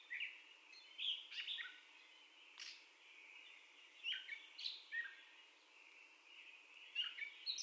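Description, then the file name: Catbird song: short squeaky, scratchy phrases separated by pauses. Described as the catbird's first song, recorded on 30 May 2021. "2021-05-30 Catbird First Song"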